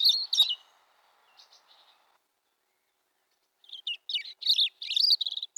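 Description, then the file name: European robin song: a short high twittering phrase and a few fainter notes, then after a pause a tumbling run of thin, jangling notes and quick warbles. "vorosbegy"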